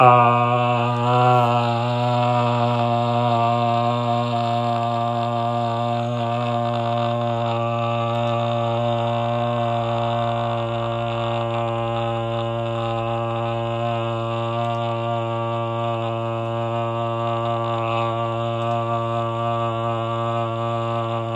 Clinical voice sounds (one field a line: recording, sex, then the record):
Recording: sustained vowel /a/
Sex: male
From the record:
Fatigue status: no fatigue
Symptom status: symptomatic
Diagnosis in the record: COVID-19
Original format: m4a